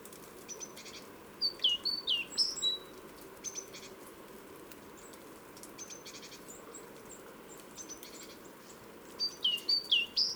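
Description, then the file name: Great tit giving rapid series of bright, down-slurred notes in two clusters, one early and one at the end, over soft high ticks and steady low rumbling noise. "Parus major"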